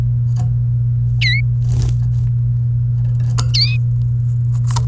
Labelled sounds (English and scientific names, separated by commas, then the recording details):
Domestic Canary (Serinus canaria) song
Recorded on 29 April 2018 at 17:07
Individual llb3